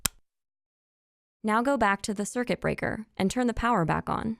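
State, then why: Seated. A Nest Learning Thermostat display, held with the Nest logo at the top, is pushed onto its wall-mounted base and clicks into place with one sharp, short hit at 0.1 seconds. After a pause, someone talks. The display is seated on the base.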